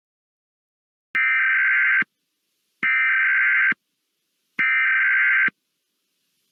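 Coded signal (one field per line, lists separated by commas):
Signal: Emergency Alert System (SAME) tones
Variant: header bursts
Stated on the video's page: Fictional EAS scenario, remastered version with rescripted alerts, simulated rather than real.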